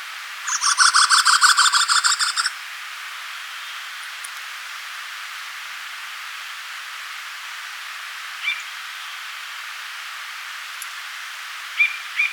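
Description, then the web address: Northern mountain cacique giving a fast burst of harsh, rattling notes for about two seconds, then only faint scattered chips over steady background hiss. Recorded in Ecuador. "Birds of Ecuador. Northern Mountain-Cacique"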